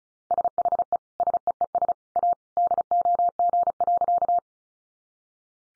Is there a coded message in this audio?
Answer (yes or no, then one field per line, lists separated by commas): yes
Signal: Morse code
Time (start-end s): 0.3-4.4 s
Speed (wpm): 34 wpm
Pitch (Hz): 700 Hz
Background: none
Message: SHE SEES A DOG.